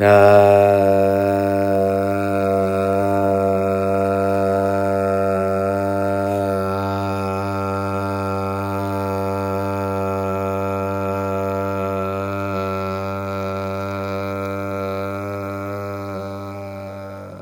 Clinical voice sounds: sustained vowel /a/; male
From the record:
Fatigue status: no fatigue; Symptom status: asymptomatic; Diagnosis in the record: COVID-19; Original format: m4a

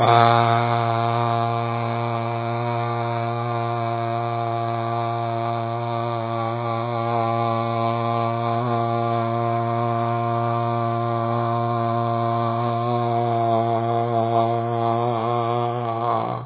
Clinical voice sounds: sustained vowel /a/; male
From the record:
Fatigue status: fatigue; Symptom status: symptomatic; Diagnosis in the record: COVID-19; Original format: 3gp

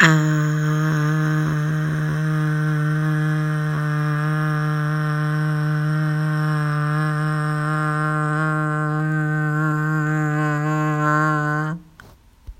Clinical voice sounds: sustained vowel /a/; female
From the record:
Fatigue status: no fatigue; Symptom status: symptomatic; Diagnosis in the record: COVID-19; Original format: m4a

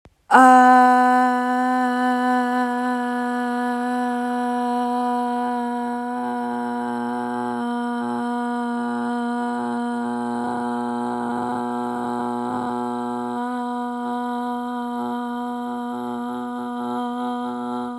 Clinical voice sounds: sustained vowel /a/; female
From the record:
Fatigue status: fatigue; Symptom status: symptomatic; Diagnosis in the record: COVID-19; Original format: m4a

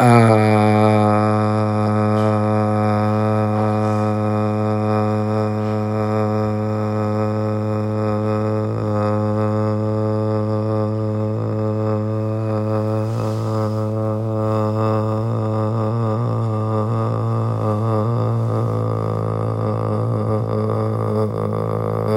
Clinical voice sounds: sustained vowel /a/; male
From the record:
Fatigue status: fatigue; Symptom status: symptomatic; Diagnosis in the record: COVID-19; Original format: m4a

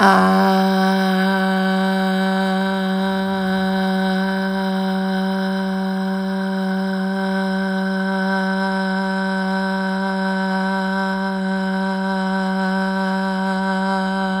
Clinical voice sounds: sustained vowel /a/; female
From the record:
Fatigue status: fatigue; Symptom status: symptomatic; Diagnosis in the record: COVID-19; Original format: m4a

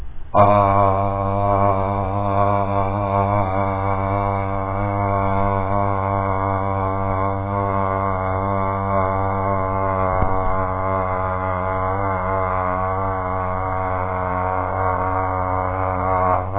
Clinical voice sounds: sustained vowel /a/; male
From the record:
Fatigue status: no fatigue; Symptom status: symptomatic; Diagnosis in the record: COVID-19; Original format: 3gp

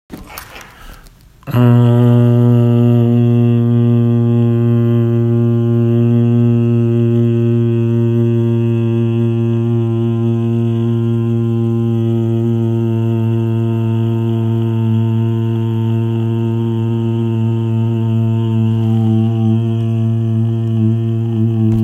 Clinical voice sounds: sustained vowel /a/; male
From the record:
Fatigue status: fatigue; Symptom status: symptomatic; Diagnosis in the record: COVID-19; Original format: m4a

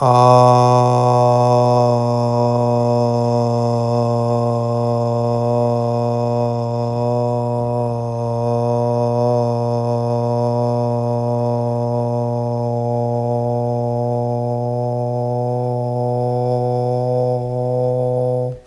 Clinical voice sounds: sustained vowel /a/; male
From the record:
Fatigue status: no fatigue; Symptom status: symptomatic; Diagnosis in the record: COVID-19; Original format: m4a

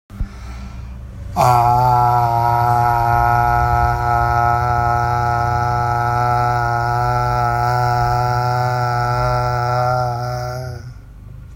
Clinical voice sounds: sustained vowel /a/; male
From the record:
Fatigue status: no fatigue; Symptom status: symptomatic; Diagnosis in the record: COVID-19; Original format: m4a

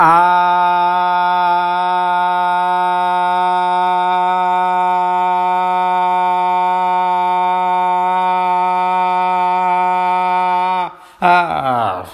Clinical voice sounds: sustained vowel /a/; male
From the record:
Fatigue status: no fatigue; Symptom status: asymptomatic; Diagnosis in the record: COVID-19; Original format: m4a

